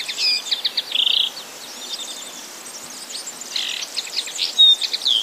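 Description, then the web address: Common linnet song, softer and partly blurred, with twittering notes and a brief buzzy trill near the start and another burst later. "wroblowe kolekcja makolagwa"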